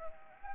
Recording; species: mosquito wingbeat signal from an infrared sensor; Anopheles gambiae